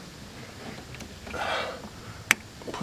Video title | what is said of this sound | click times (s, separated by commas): LASFIT LED Bulb Upgrade Package For Jeep Gladiator - Install and Review | Push it in until it snaps. | 2.3 s